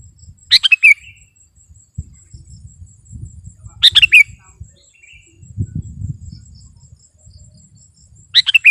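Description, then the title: Sooty-headed bulbul song, three short warbled phrases a few seconds apart, with low rumbling background noise and a faint high whine. "kutilang"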